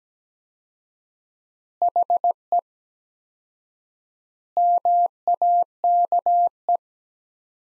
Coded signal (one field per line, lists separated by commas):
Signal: Morse code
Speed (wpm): 17 wpm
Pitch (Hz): 700 Hz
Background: none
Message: HE MAKE